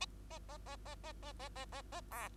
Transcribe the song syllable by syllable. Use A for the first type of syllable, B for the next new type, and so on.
A A A A A A A A A A A B